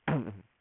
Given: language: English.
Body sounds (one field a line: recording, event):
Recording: throat vibration sensor signal played as sound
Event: throat clearing